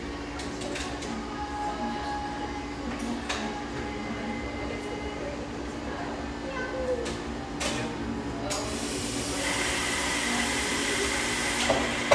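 Lively ambience in a rustic bayside coffeeshop: a steady low hum runs under a busy murmur of voices throughout. Sharp clinks and knocks pop up every second or two, and from about eight and a half seconds a louder hiss, like a steam wand, takes over.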